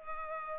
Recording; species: mosquito wingbeat signal from an infrared sensor; Culex pipiens